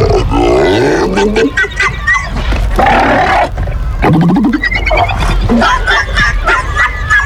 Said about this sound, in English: Guess what these seals are saying instead?